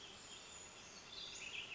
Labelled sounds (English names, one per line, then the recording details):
Brown Creeper
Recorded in Sonoma County, California